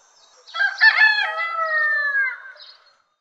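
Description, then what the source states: Chicken: rooster giving a single loud crow with a long, drawn-out, slightly falling tail that fades out. Rooster crowing three times; cock-a-doodle-doo.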